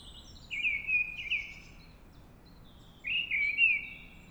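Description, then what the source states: Mistle Thrush song: two short, fluty, warbled phrases separated by a brief pause, with faint higher chirps from other birds. Singing at dawn.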